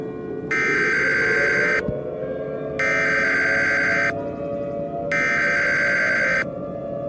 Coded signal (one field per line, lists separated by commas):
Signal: Emergency Alert System (SAME) tones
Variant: header bursts